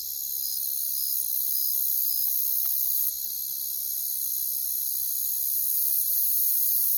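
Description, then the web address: Crickets chirping in a dense, steady high-pitched chorus, with a separate pulsed chirp repeating about twice a second over the first few seconds. "WLL Grade 1-12 Pre-Uni Library Natures Songs Sleep Sounds of Nature CRICKETS Crickets"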